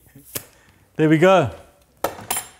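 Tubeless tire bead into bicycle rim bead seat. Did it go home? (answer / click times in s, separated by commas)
yes / 2.0 s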